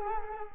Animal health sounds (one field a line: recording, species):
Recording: mosquito wingbeat signal from an infrared sensor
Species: Culex quinquefasciatus